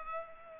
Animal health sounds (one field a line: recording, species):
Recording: mosquito wingbeat signal from an infrared sensor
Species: Culex pipiens